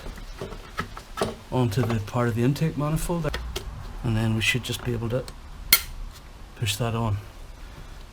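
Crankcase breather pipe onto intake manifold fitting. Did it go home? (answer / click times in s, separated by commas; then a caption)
yes / 5.7 s. Someone talks while pushing a plastic crankcase breather pipe onto its fitting at the intake manifold of a BMW E46 330i with the M54 engine, during a crankcase ventilation refresh done without removing the intake manifold. A sharp click is heard at 5.7 s, and the pipe is seated and connected.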